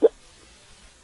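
A single short, abrupt voiced hiccup sounds at the very start, then quiet room tone for the rest of the second. One isolated hiccup from an adult: a sudden involuntary diaphragm spasm with the snap of the vocal cords closing.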